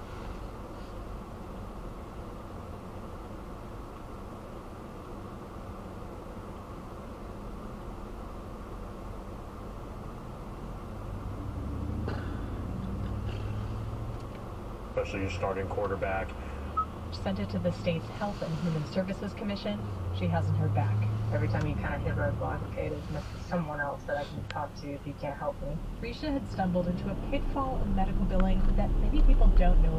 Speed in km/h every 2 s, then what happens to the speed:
0, 0, 0, 0, 0, 0, 0, 0, 0, 0, 0, 0, 0, 0, 23.
0-26 standing. 26-30 pulls away to 23.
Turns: none.